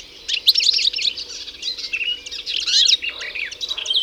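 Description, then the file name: European goldfinch singing a quick jumble of bright twittering notes and short trills, tumbling on without a break. "Carduelis carduelis"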